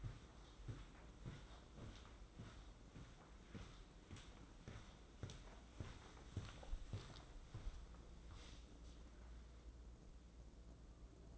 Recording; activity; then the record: daily activity, microphone in the room; walk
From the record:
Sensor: 3